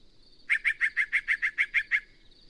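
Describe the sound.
Yellow-breasted Chat song: a rapid run of about ten short, clipped notes at an even pace lasting around a second and a half.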